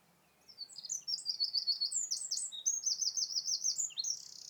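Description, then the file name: Eurasian wren song, a brisk stream of high piercing notes and rattling trills ending in a buzzy flourish, faint background noise beneath. "Troglodytes troglodytes"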